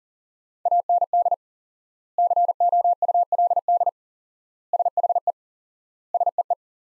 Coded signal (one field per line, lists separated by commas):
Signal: Morse code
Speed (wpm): 37 wpm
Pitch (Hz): 700 Hz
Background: none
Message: AND COULD SHE SEE